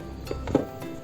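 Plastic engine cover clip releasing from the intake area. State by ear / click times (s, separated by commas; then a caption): released / 0.5 s. On a Toyota Yaris, with the screws already removed, the plastic engine cover over the intake is pulled up and its remaining clip snaps open. The clip is released to reach the MAP sensor and throttle body. Sharp clicks are heard at 0.5 s and 0.6 s.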